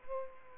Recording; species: mosquito wingbeat signal from an infrared sensor; Culex pipiens